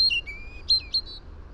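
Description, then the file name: European robin giving a brief sequence of pure, high whistled notes with thin sliding tones between them, over low background hiss. "Erithacus rubecula"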